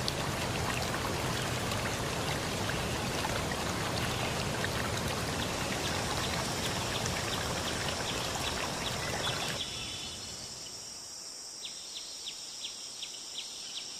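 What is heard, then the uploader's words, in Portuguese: Nature sounds: a dense, steady rushing like running water or rain with scattered ticks fills the first nine and a half seconds. Then it drops away abruptly, leaving a quieter bed with a thin, high insect whine and light, regular chirps. Sons da Natureza.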